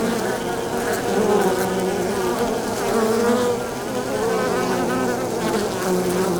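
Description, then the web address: Honey bees droning together, a constant layered buzz with wavering tones. Bees at the exterior of a beehive, landing zone, very close, stereo. "GDC 2017-Game Audio Bundle Sound Holder - Beehive bees hive exterior landing zone very close stereo"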